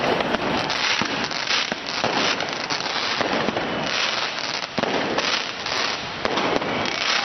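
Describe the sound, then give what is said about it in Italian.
New Year's Eve fireworks in Cologne, Germany: a dense, continuous barrage with rapid crackling pops and bangs overlapping into a steady loud roar for several seconds, and no voices. “E non erano fuochi d'artificio allegri e festanti quelli che sono scoppiati nella notte di Capodanno a Colonia.”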